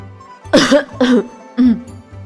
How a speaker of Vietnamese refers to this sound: Triển Chiêu bị sặc nước trà, ho khan vài tiếng, bưng chén nhìn hai người.